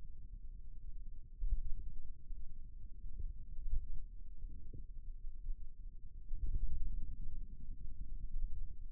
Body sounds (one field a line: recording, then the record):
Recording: forearm muscle sounds (acoustic myography)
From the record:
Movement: finger pinch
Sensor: system 2, bracelet of six BSWA MPA416 microphones around the upper forearm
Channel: 3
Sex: male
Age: 22 years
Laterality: right